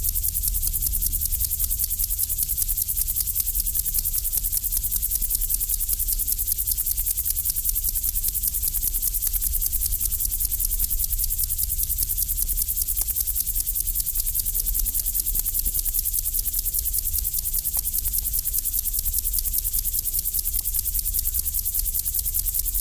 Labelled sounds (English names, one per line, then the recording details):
Upland Field Grasshopper
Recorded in the wild
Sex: male
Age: imago
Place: Lübars, Berlin, DE
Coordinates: 52.6167, 13.35
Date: 1998-09-20 12:21
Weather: heiter, 20°C
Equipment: Marantz CP 430, Sennheiser ME 80, Kopie Uher 4000 Report Monitor
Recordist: Tembrock, Günter
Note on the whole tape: Zwei Männchen: rivalisierend (Kurzlaute) am Weibchen, eines mit nur einem Hinterschenkel (springt dann ab). Dann anderes Männchen am Weibchen: Kurzlaute und Strophen, wenn das Weibchen den Platz wechselt. Sitzen in Sonne auf einem Maulwurfshaufen